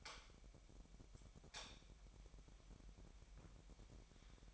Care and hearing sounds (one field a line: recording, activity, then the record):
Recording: daily activity, microphone in the room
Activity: light on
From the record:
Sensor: 1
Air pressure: 1012.0 hPa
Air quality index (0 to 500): 232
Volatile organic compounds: 6 ppm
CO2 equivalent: 1847 ppm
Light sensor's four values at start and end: 15/35/15/17 and 18/50/20/22